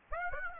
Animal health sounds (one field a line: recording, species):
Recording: mosquito wingbeat signal from an infrared sensor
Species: Aedes aegypti